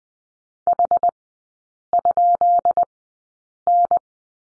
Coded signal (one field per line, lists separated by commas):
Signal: Morse code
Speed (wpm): 20 wpm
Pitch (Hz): 700 Hz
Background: none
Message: H?N